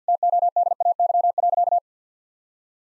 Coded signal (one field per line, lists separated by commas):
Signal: Morse code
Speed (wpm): 50 wpm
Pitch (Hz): 700 Hz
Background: none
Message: TODAY.